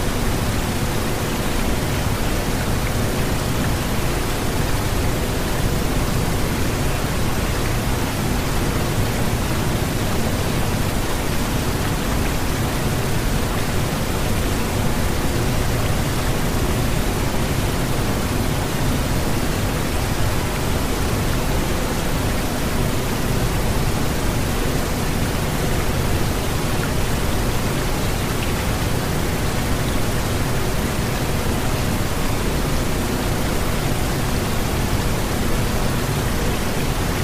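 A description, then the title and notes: Steady pink noise hisses evenly throughout, a dense unchanging wash with a fuller low rumble underneath and no distinct events or pauses. Brown Noise, Pink Noise, and 30Hz Frequency.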